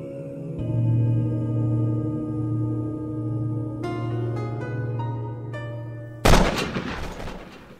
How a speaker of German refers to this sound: Der peitschenartige Knall eines Schusses tönt durch die Stille der Nacht, echot einige Male in den nahen Felswänden, und schon ist man im Lager wach.